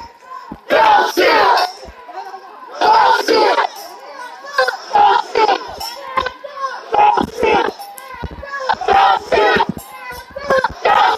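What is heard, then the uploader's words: A protest crowd chants in unison, loud shouted phrases returning in a steady rhythm about every two seconds. Between the chants come brief gaps filled with scattered voices, sharp claps and clatter, and a low, constant murmur underneath. Niagara Square Protest in Downtown Buffalo.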